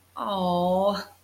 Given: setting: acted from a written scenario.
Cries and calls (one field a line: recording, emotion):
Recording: vocal sound without words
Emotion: disappointment